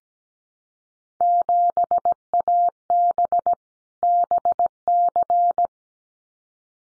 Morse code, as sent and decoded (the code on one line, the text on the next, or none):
--... .- -... / -... -.-.
7AB BC